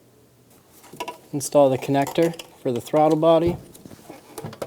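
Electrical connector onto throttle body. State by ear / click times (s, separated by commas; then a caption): not seated / none. An electrical connector for the throttle body of a 2003–2007 Infiniti G35 is handled as it is being installed, while someone talks. A few small handling taps are heard, but the clip ends before it is pushed home, so nothing has clicked or seated yet.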